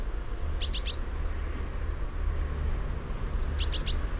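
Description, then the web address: Eurasian blue tit giving two short, high bursts of rapid notes a few seconds apart, over low background noise. "fugl b-mejse"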